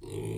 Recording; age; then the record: pig call; weaner (32 to 43 days)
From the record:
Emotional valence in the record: negative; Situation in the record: long isolation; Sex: female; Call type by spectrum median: low-frequency call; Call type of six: low-frequency stable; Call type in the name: low-frequency stable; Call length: 0.39 s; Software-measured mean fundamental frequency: 53 Hz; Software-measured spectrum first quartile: 154 Hz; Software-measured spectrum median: 353 Hz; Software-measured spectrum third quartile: 756 Hz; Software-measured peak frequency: 379 Hz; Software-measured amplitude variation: 132 dB a second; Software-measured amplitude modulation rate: 32.2 a second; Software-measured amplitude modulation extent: 4.1 dB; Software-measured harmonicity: 1.6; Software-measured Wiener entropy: -1.08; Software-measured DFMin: 950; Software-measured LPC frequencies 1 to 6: 370, 2294, 3295, 3979, 7370, 9276 Hz